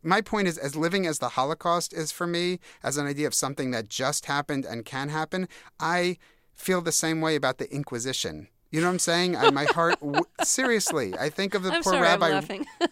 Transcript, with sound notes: my point is, as living as the Holocaust is for me as an idea of something that just happened and can happen, I feel the same way about the Inquisition. You know what I'm saying?
(LAUGHTER)
My heart - seriously. I think of the poor rabbi...